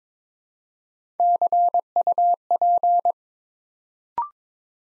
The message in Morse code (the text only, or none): CUP